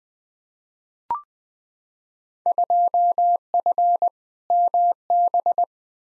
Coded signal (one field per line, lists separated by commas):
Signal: Morse code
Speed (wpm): 20 wpm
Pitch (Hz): 700 Hz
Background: none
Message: 2F MB